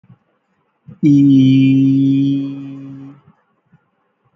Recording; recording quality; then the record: sustained vowel as in beet; excellent, no background noise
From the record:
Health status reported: healthy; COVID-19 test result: not tested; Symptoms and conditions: none ticked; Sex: male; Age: 28 years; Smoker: not ticked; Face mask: not worn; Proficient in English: yes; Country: India